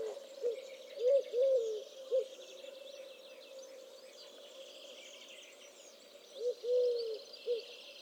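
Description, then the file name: Eurasian collared dove cooing in two phrases a few seconds apart, each with a drawn-out middle note, over a faint high hiss and a steady hum. "touterelle turque"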